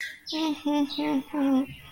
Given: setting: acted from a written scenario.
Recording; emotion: vocal sound without words; disappointment